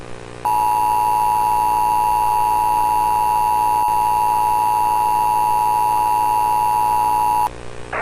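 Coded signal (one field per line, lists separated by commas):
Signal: Emergency Alert System (SAME) tones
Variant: 853 and 960 Hz attention tone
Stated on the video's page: Fictional EAS scenario.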